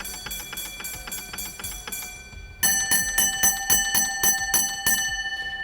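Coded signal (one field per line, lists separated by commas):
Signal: bell signal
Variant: railway block bell code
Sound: a small bell rung in a rapid even series of strikes, a second louder run after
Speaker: Call attention back. Nine, train passed without tail lamp.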